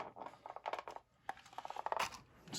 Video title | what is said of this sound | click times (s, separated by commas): Big Country Toys 1/18 Ford F250 WTmicro RC Scx24 conversion #scx24 #wtmicro #bigcountrytoys #rctruck | snaps in place and there you go | 1.9 s